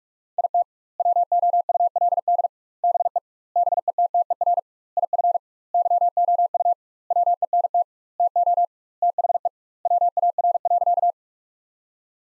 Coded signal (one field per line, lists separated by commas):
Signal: Morse code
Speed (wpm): 42 wpm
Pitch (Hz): 700 Hz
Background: none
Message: IT WOULD BE BETTER IF YOU WENT TO THE WAR.